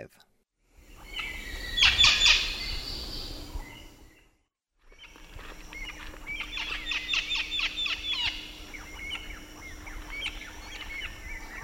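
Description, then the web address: Red-fan parrot giving a loud burst of harsh, grating squawks, then after a short silence a quicker chattering string of clipped notes over a steady hum. Eastern lowlands of South America. "ENTER Music and Audio. Nature Songs S America Eastern Lowlands. Red-fan Parrot"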